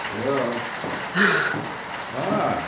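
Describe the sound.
Steady rain hisses in the background while a person speaks over it, the soft wash of drops continuing evenly beneath the voice.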